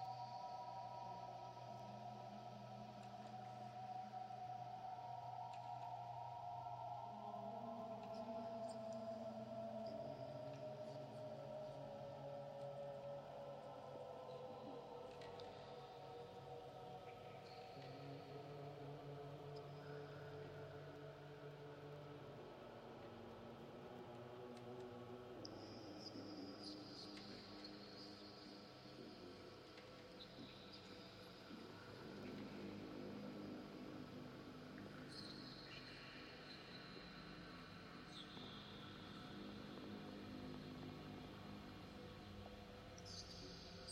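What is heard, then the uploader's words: Processed field recording fragments drift over a steady bed of feedback and warm tape hiss. Sustained low drones shift in pitch, while a tone slides downward early on; from about 25 seconds, fluttering, clustered textures and brief bright streaks thicken the dense, continuous sound. The inspiration for »lwrcs« was mainly driven by the feedback-like howling of the wind in the original field recording. It’s rich in frequencies but also has something eerie yet warm to it.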